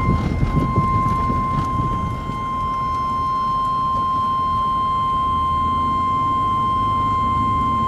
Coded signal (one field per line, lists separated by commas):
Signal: Emergency Alert System (SAME) tones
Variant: 1050 Hz attention tone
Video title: EAS #28 - Severe Thunderstorm Warning